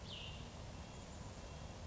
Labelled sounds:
Cassin's Vireo (Vireo cassinii)

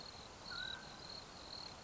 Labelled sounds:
Mountain Quail (Oreortyx pictus)

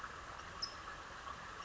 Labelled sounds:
California Towhee (Melozone crissalis)

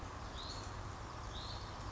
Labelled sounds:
Hutton's Vireo (Vireo huttoni)

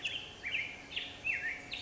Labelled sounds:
Black-headed Grosbeak (Pheucticus melanocephalus)

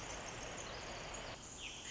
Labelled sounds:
Pacific Wren (Troglodytes pacificus)

